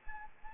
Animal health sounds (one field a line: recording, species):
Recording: mosquito wingbeat signal from an infrared sensor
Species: Anopheles gambiae